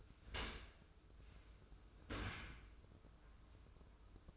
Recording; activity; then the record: daily activity, microphone in the room; open dishwasher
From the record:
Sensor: 2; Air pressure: 995.7 hPa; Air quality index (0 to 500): 97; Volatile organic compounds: 5 ppm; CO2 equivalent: 1788 ppm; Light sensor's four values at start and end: 25/81/32/31 and 25/81/32/31